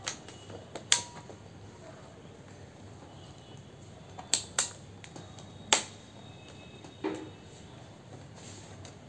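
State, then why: Seated. During reassembly of an old Dell Vostro 2520 laptop, a plastic keyboard or cover panel is pressed into its plastic clips on the chassis. Sharp, loud clicks are heard at 0.9 s, 4.3 s and 5.7 s, with a few softer clicks in between. The part locks into place.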